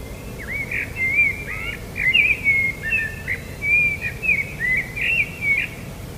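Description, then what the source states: Common blackbird song: a flowing series of melodious whistled notes with slurred, twisting turns, above a low steady background noise. Recorded 21 March 2013.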